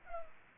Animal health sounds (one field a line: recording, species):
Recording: mosquito wingbeat signal from an infrared sensor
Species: Culex pipiens